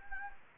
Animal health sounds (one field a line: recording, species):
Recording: mosquito wingbeat signal from an infrared sensor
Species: Anopheles gambiae